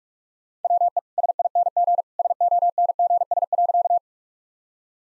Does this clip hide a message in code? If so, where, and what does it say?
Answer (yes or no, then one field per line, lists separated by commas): yes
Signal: Morse code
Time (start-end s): 0.6-4.0 s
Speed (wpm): 46 wpm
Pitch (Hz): 700 Hz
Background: none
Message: WE SING SONGS.